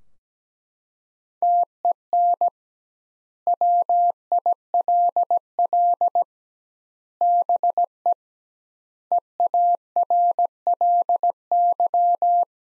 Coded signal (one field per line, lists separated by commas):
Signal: Morse code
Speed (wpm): 17 wpm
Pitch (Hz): 700 Hz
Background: none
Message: TEN WILL BE EARLY